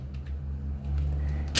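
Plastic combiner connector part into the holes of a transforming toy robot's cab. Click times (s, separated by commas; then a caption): 1.6 s. A plastic combiner connector piece with tabs is lined up with the holes on the cab of a Studio Series 86 Long Haul transforming toy robot and on one of Hook's feet, then pushed in. Faint small ticks at 0.1 and 0.3 s sit over a steady low rumble before a sharp, loud click at 1.6 s as the torso part snaps into place and seats.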